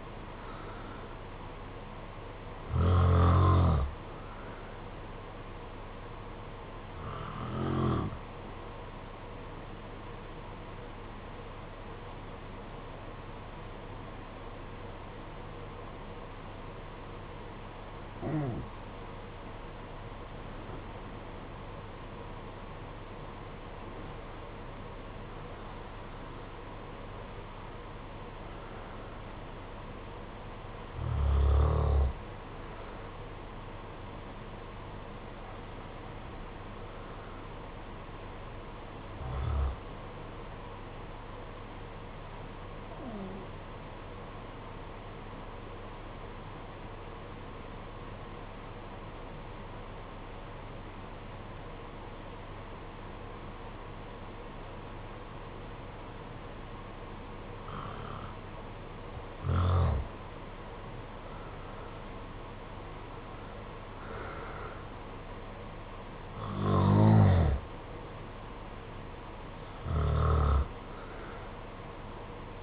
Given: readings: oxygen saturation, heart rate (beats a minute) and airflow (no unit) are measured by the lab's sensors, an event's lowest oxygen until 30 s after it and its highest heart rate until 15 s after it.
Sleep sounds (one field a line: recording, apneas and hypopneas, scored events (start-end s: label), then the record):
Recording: breathing in sleep by a voice recorder at the bedside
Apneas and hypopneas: 2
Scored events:
8.00-22.10 s: hypopnea (N1, oxygen 95% highest, then 90% lowest, heart rate 59 at the start, 71 highest)
43.00-60.60 s: obstructive apnea (N1, oxygen 95% highest, then 84% lowest, heart rate 55 at the start, 67 highest)
From the record:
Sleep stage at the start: N1 (lightest sleep)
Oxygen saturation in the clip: 72 to 96%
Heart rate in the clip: 54 to 76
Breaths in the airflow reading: 13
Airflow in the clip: -7.7 to 9.7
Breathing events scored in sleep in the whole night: 476 in 9.7 hours asleep